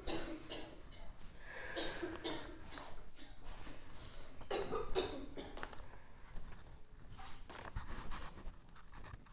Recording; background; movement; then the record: deep breathing; a bystander coughing; walking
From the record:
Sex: male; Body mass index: 20.6 kg/m2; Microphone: on the chest, facing outward